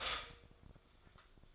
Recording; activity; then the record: daily activity, microphone in the room; stop toaster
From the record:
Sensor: 5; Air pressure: 1004.3 hPa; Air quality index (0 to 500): 169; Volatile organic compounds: 4 ppm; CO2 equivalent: 1583 ppm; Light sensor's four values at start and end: 33/108/41/41 and 33/108/41/41